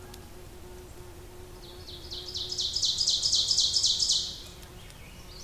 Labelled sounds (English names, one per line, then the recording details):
Ovenbird song
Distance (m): 20 m
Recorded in boreal forest in Alberta, Canada, on 26 May 2016 at 07:48
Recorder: SongMeter 3, array SBT-3-15
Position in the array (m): 53 m, 221 m
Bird 20